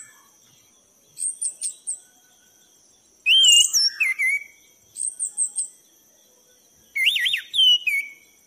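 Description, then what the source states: Thrush song in short bursts. Brief high twitters alternate with looping whistled phrases and pauses of about a second between bursts. Bird-keeping masteran recording for training pet songbirds; song style described as 'gacor teler'.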